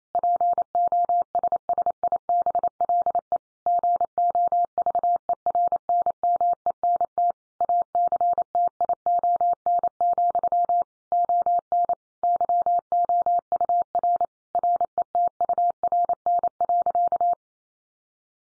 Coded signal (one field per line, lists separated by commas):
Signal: Morse code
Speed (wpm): 28 wpm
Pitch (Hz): 700 Hz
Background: none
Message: POSSIBLE GOVERNMENT ACTION, ON YOUR RETURN.